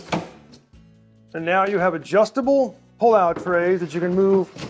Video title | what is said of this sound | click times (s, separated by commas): Pull Out Tray Installation (POT) - RTA Cabinet Assembly | lay it on there push it until it clicks | 0.1 s